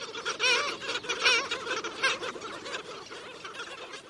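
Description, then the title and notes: Black Skimmer calls: a dense series of short nasal barks, growing softer in the second half. In flight, at a wildlife refuge in Virginia, USA; calls sound like a distant dog barking. "Black Skimmer in flight, at the Chincoteague National Wildlife Refuge in Virginia"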